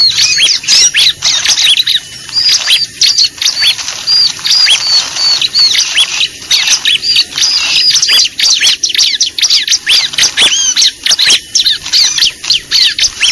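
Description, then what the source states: Bar-winged prinia calls: continuous fast, high, scratchy chirps and whistled notes in overlapping bursts across the whole stretch. Lure call used for trapping (pikat) Bar-winged prinia, known locally as ciblek, described as effective.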